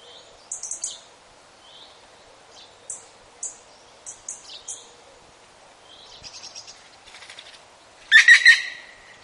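European green woodpecker calls as a loud harsh chattering burst late on, after a faint run of rapid notes, with other birds' high twittering song earlier.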